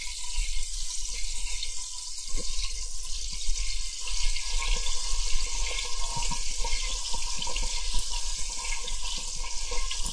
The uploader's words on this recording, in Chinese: 水和玻璃的声音。巨大玻璃碗（水、碳酸、果冻、吸管）。